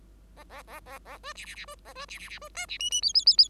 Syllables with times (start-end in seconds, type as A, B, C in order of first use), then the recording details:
0.36-0.43 A, 0.49-0.62 A, 0.67-0.80 A, 0.85-0.98 A, 1.05-1.18 A, 1.23-1.33 B, 1.35-1.45 C, 1.45-1.55 C, 1.55-1.65 C, 1.68-1.75 B, 1.85-1.93 A, 1.95-2.05 B, 2.08-2.19 C, 2.19-2.29 C, 2.29-2.39 C, 2.41-2.49 B, 2.54-2.66 D, 2.68-2.78 C, 2.79-2.90 E, 2.90-3.01 E, 3.02-3.13 F, 3.14-3.25 F, 3.26-3.37 F, 3.38-3.48 F. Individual Bird5